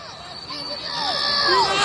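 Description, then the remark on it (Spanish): Shouting from an arena crowd during a kicking combat bout against a Brazilian fighter: several overlapping yells with sliding pitch urge a fighter to throw a double kick, rising over a dense roar of voices, the din growing steadily louder toward the end. “Oímos. A ver los gritos.”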